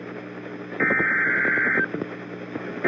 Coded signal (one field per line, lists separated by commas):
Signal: Emergency Alert System (SAME) tones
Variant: header bursts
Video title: EAS #2092-2094 Severe Thunderstorm Warning